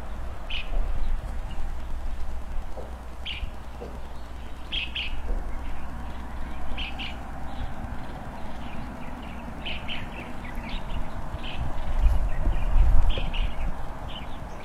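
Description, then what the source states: Birds chirping in irregular bursts of quick notes throughout, with a deep rumbling background noise that swells near the end. Birds frolicking on branches, early morning, in front of a rural country house, heard through an opened window; harmonious, quiet setting.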